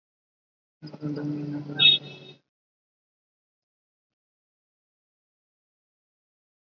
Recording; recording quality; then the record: counting at a normal pace; poor, much background noise or distortion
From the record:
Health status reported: respiratory illness, not identified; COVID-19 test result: negative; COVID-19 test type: RT-PCR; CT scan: not taken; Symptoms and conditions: cough, fever, fatigue, muscle pain, asthma, ischaemic heart disease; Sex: male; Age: 35 years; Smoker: no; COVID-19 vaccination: both doses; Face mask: worn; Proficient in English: yes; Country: India